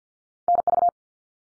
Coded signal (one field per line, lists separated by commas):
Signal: Morse code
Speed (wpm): 50 wpm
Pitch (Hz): 700 Hz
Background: none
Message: NV